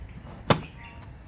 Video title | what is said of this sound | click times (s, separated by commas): How to replace multi fuse strip in Kia Sportage | close the fuse box cover ensuring it clicks into place | 0.5 s